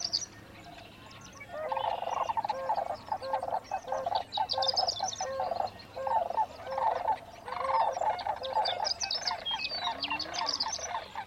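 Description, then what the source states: Sandhill Cranes break in after a quiet start with loud rolling rattles in bursts, with high songbird chirps scattered above. Dawn chorus, Sierra Valley Marsh near Portola, California, June 24, 2023, 5:33am; AT-4022 omni condensers on Jecklin disk binaural baffle; Nature Sound Society workshop.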